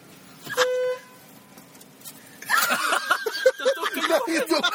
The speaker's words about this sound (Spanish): Sí, toca la bocina. Ya, este es un efecto muy cuático. Voy a poner la luz verde, toco la bocina. Voy a tocar la bocina.